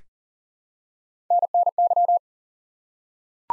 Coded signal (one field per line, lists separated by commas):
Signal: Morse code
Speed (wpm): 40 wpm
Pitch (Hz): 700 Hz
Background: none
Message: NNY